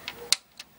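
A plastic retaining pin in an Xbox console shell is pushed in while the case halves are pried apart during disassembly. It releases with a sharp, bright click at 0.3 s. Fainter ticks come just before and after it, and the pin clicks free.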